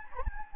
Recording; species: mosquito wingbeat signal from an infrared sensor; Anopheles gambiae